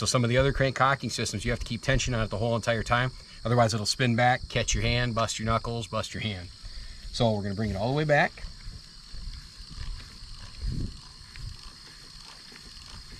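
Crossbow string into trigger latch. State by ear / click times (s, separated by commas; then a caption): not seated / none. On a Wicked Ridge RDX400 crossbow, the string is drawn back with the crank cocking device toward the trigger latch while someone talks for the first eight seconds. Quieter cranking sounds follow, with a brief sharp tick near 11.4 s. The string has not latched yet, and no click has sounded.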